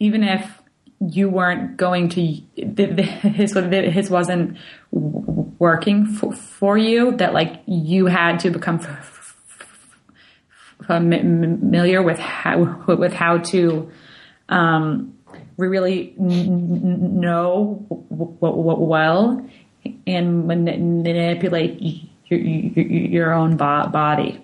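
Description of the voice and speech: Adult woman's speech with prolonged sounds, part-word repetitions and silent blocks, typical of stuttering, in a woman who has had stuttering therapy that included vocal flow management.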